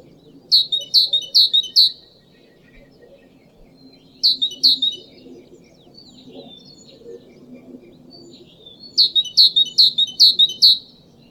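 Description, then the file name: Tit calling in three bursts of two to six sharp, high, repeated notes, each burst under two seconds long, separated by quiet pauses over faint low background rumble. "Golosa ptic i zverei - Sinica"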